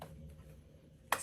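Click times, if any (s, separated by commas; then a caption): 1.1 s. A mounting piece for an Acerbis motorcycle skid plate is pushed into place on the motorcycle frame over a low, steady background rumble. A single sharp, bright snap rings out at 1.1 s, and the piece is seated.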